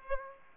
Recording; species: mosquito wingbeat signal from an infrared sensor; Aedes aegypti